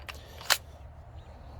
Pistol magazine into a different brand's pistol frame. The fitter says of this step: They won't lock in.